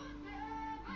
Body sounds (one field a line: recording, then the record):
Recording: background sound without coughing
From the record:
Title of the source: BackgroundMusic2